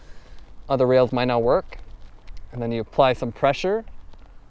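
A plastic saddle rail mount for a Magicshine Seemee 100 bike tail light is placed between round bicycle saddle rails while pressure is applied to snap it in. Someone talks throughout, with a few faint, brief ticks near 0.4, 4.1 and 4.3 seconds. Nothing has seated or clicked yet.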